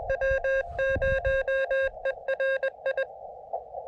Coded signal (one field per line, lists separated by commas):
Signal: Morse code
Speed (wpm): 21 wpm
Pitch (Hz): 2700 Hz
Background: none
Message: W0ERI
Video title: SOTA at Hill 1940 And A Surprise